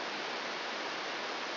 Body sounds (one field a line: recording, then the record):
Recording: brain microelectrode recording played as sound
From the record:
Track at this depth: inside the subthalamic nucleus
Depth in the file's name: -4.079 mm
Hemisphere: left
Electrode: 3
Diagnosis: Parkinson's disease